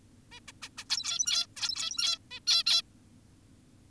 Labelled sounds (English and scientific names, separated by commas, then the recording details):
Zebra Finch (Taeniopygia guttata)
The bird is an adult
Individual g17y2U